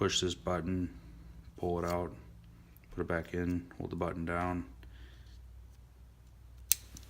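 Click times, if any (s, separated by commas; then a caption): 6.7 s. Someone talks while a utility blade is pushed back into a Milwaukee Fastback folding utility knife with the release button held down. The blade locks in with a sharp click at 6.7 s, and it clicks back into place.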